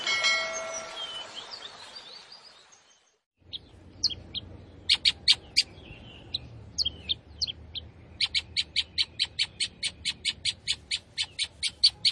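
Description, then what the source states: Long-tailed shrike song: after a burst of noise and a silent gap, scattered harsh chirps give way to a fast, steady train of sharp repeated notes. Singing lively, described in Indonesian as gacor.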